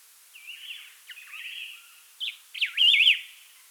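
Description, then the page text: Variegated laughingthrush song: a few clear, wavering whistled phrases, ending in a louder looping warble. "Variegated Laughingthrush Song. Quick Sounds"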